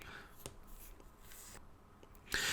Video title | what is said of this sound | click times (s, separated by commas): DJI Osmo Mobile - Top 5 Tips | clicks into place push it down look at it wobbly as anything | 0.5 s